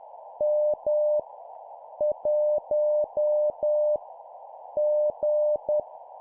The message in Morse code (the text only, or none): M 1 G